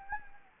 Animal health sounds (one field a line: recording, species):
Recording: mosquito wingbeat signal from an infrared sensor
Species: Anopheles gambiae